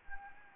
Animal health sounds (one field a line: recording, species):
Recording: mosquito wingbeat signal from an infrared sensor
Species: Anopheles gambiae